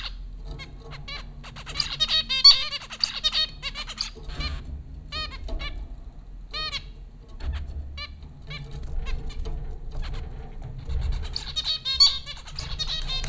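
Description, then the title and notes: Zebra finch calls: bursts of tinny, nasal beeps come in clusters, with a quieter gap in the middle and another crowded burst at the close. Zebra finches recorded by Dan Bodah at Popcorn School, Flatbush, Brooklyn, New York, in April 2009. "Dronecast: The Popcorn Finches Four from Apr 15, 2009. Zebra finches recorded by Dan Bodah at Popcorn School, Flatbush, Brooklyn NY in April 2009"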